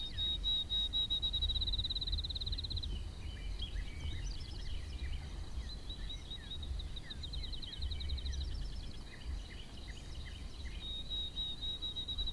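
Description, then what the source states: Sparrows giving repeated brief downward chirps amid a high buzzing trill that comes and goes, with constant low background noise. Field recording.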